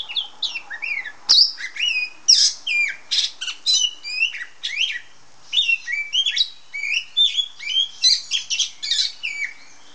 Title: Kacer Betina suara burung kacer hitam betina